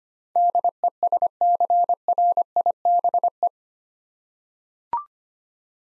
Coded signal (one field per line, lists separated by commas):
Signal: Morse code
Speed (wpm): 25 wpm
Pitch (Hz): 700 Hz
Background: none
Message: DESCRIBE